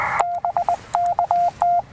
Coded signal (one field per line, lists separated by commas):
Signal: Morse code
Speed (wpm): 20 wpm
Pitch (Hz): 700 Hz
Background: radio noise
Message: BK T